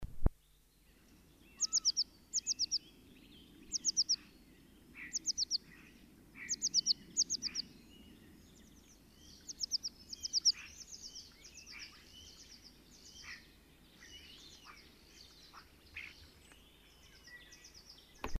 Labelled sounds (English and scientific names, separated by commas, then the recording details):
Eurasian Blue Tit (Cyanistes caeruleus) song
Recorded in the wild
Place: Kaiserslautern, Rheinland-Pfalz, DE
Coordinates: 49.4403, 7.749
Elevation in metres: 261
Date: 1977-02-23
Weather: warm, sunny
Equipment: Nagra IV, Sennheiser MKH 405, Parabolreflektor
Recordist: Tretzel, Erwin
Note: Kaiserslautern-Sauenholz, Exkursion: Gesang "zizizi"